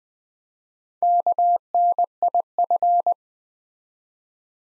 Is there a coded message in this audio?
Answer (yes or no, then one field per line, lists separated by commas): yes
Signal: Morse code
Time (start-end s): 1.0-3.1 s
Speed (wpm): 20 wpm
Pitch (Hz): 700 Hz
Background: none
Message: KNIF